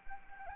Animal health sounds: mosquito wingbeat signal from an infrared sensor; Anopheles arabiensis

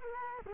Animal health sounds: mosquito wingbeat signal from an infrared sensor; Culex quinquefasciatus

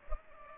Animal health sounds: mosquito wingbeat signal from an infrared sensor; Culex pipiens

